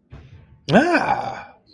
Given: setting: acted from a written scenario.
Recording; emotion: vocal sound without words; realization